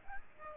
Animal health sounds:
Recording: mosquito wingbeat signal from an infrared sensor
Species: Aedes aegypti

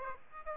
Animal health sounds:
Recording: mosquito wingbeat signal from an infrared sensor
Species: Aedes aegypti

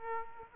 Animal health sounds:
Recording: mosquito wingbeat signal from an infrared sensor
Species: Aedes aegypti

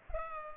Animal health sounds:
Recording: mosquito wingbeat signal from an infrared sensor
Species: Culex pipiens

